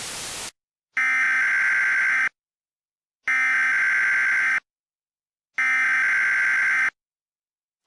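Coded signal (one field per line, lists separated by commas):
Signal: Emergency Alert System (SAME) tones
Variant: header bursts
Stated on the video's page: Fictional EAS mock.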